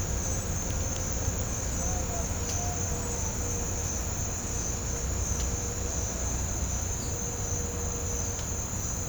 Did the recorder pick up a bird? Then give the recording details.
no. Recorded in pastures near Puerto Asís, Putumayo, Colombia, on 18 December 2024 at 07:30. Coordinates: 0.502, -76.324. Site G077